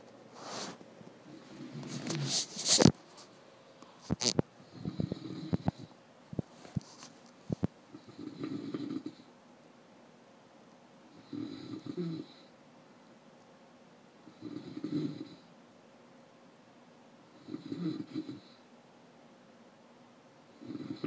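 After several seconds of clicks and handling noise, low rumbling snores repeat steadily, about every three seconds, or roughly 20 breaths a minute. This is snoring during sleep, from soft tissue in the upper airway vibrating with each breath.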